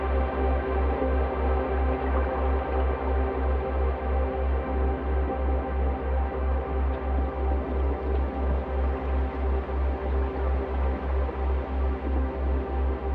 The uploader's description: It's based off a field recording of the full duty cycle of a Bosch Dishwasher, slowed down and resonated into a swirling, evolving drone.